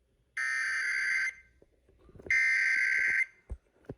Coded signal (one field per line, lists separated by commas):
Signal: Emergency Alert System (SAME) tones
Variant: header bursts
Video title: April Tests Overnight Madness (EAS #17303-17365) 4/3/24